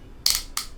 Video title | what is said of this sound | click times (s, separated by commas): One Piece Anime Heroes - Franky Unboxing/Review | Okay, so his arm has this type of joint where it just like clicks into place. | 0.3 s, 0.6 s